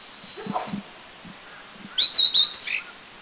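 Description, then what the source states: Collared bush robin song: one short burst of high, thin, jumbled whistled notes near the end, after a few soft low thumps. Song recorded at Anmashan, Taiwan, in April 2010.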